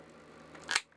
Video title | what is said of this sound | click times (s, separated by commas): How To Fit Lights In Model Railway / Railroad Coaches For Less Than £4 - Tutorial Tuesday Episode 43 | Oh, no, there we go. That's the satisfying click we were after. | 0.7 s, 0.8 s